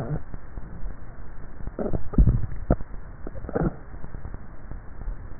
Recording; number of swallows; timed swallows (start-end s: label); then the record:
swallowing sounds by neck microphone; 1
2.05-3.95 s: swallow
From the record:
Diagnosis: dysphagia